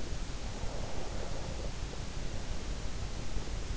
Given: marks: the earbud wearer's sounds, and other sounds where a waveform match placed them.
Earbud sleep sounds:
sounds in sleep by an in-ear microphone; breath
0.48-3.29 s: breath

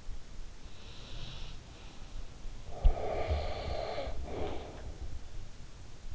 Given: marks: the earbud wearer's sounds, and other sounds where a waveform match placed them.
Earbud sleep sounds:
sounds in sleep by an in-ear microphone; breath
2.35-5.18 s: breath

